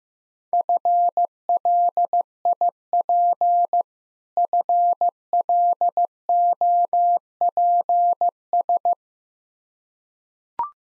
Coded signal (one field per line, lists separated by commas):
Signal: Morse code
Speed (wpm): 15 wpm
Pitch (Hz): 700 Hz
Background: none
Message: FLIP FLOPS